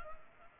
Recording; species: mosquito wingbeat signal from an infrared sensor; Culex pipiens